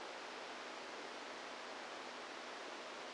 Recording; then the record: brain microelectrode recording played as sound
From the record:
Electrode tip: outside the subthalamic nucleus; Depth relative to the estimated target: 3 mm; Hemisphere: right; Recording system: NeuroSet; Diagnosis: Parkinson's disease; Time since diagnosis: 7 years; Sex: female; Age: 68 years